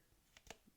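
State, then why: Partly seated. The plastic battery compartment cover on a handheld BTS ARMY Bomb Version 4 light stick is pressed closed after AAA batteries are loaded, giving two soft, sharp clicks at 0.4 s and 0.5 s. The cover is only partly latched and still needs one more click to close fully.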